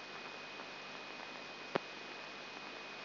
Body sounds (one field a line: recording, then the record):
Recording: brain microelectrode recording played as sound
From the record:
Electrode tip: outside the subthalamic nucleus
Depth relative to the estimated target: 3 mm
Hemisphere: right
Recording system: AlphaMap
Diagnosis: Parkinson's disease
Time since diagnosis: 8 years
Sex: female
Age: 37 years